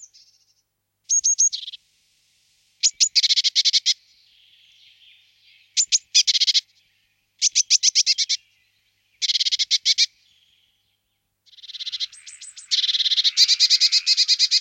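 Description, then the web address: Eurasian blue tit scolding: harsh, buzzy churring bursts in short rapid groups, separated by pauses, with a few thin high notes at the start. "Blamejse"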